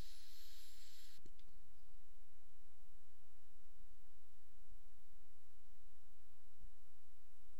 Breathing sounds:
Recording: nose breathing near a microphone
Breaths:
0.00-1.31 s: inhalation
From the record:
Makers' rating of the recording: medium

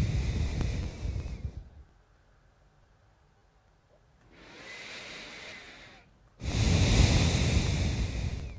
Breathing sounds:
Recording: nose breathing near a microphone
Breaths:
0.00-1.81 s: exhalation
4.11-6.20 s: inhalation
6.20-8.50 s: exhalation
From the record:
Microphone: phone

